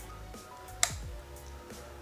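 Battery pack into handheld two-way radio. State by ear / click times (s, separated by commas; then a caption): not seated / none. A BJH battery pack is pushed onto a Baofeng handheld two-way radio, but its plastic latch does not catch and the pack fails to lock. A sharp tap is heard at 0.8 s and another faint one at 2.0 s over low background music, but nothing has seated or clicked into place.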